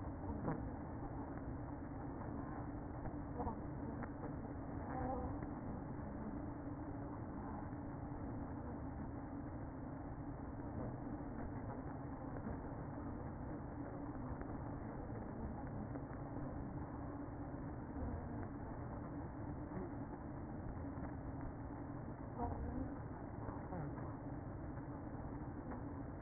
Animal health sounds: honeybee colony, microphone inside the hive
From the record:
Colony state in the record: queen present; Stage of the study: after two queens were removed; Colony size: about 60,000 bees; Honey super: yes

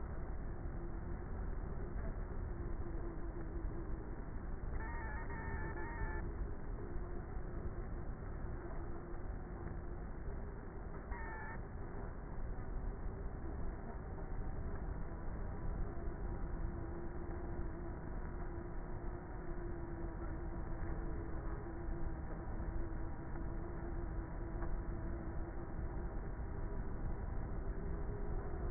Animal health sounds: honeybee colony, microphone inside the hive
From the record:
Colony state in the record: queenless with a low population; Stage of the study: before two queens were removed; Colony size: about 30,000 bees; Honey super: no

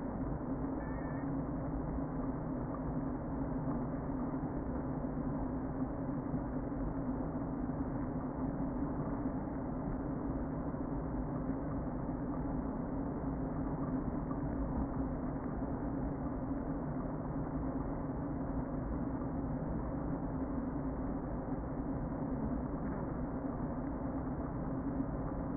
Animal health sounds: honeybee colony, microphone inside the hive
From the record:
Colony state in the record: queen present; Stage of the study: before two queens were removed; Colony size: about 60,000 bees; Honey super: yes

